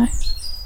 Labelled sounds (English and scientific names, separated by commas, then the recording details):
Stitchbird (Notiomystis cincta) song
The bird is a male
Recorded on Tiritiri Matangi Island, New Zealand, in 2005
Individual 12, of nest box 16